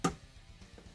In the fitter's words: Well, that was it. Okay, that was the audible click.